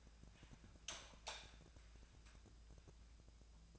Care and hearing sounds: daily activity, microphone in the room; light on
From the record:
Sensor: 2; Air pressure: 999.9 hPa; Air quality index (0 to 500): 115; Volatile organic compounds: 2 ppm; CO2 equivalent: 994 ppm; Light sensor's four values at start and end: 30/77/32/37 and 35/95/39/44

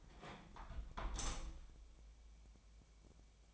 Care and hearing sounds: daily activity, microphone in the room; close window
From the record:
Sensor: 1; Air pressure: 1015.0 hPa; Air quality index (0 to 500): 51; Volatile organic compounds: 1 ppm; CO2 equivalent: 685 ppm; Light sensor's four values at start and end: 10/25/10/11 and 10/25/10/11

